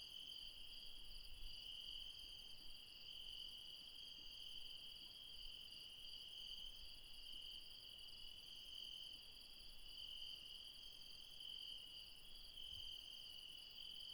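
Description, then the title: Dense insect chorus of steady high trilling, unchanging throughout, with occasional soft low bumps. Late night in the mountains at Refuge Krevatia, Barbala, near Dion, Greece. "Refuge Krevatia, Μπαρμπαλά, Dion 601 00, Greece - Late night mountain insects"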